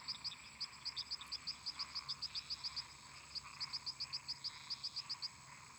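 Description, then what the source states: Frogs and toads: frog chorus with crisp, high repeated clicks in quick runs, a brief pause mid-way, all over a constant background of trilling frogs. Many toads and frogs calling together in a marsh.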